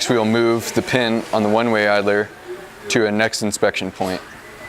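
Someone talks while the pin of an inspection tool is being moved on a one-way idler toward the next inspection point. The pin is handled but has not seated or clicked into place yet.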